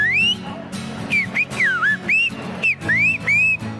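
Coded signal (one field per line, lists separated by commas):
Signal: whistled language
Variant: Silbo Gomero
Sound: a series of rising and falling whistled glides, like syllables of speech, about eight phrases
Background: low background music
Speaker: the coolest language fact though is that on the island of gomera and the canary islands they use silvo gomero which is taught in schools it's a language completely composed of whistles here's a clip if you want to hear something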